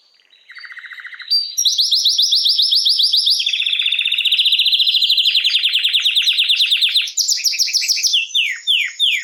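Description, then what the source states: Canary song: a low soft trill swelling into loud sustained rolling trills at changing pitches, ending with slower descending slurred notes. Male Belgian canary named Raiden singing a lot; played to warm up young birds and Belgian canaries.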